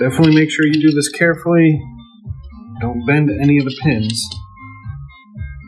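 Over background music, someone talks while a multi-pin cable connector is carefully pressed onto the pin header of a board in a DeAgostini R2-D2 build, taking care not to bend any pins. The connector is handled but not yet home; nothing has seated or clicked yet.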